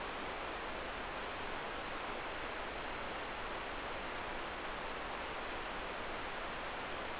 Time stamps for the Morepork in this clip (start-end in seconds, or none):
none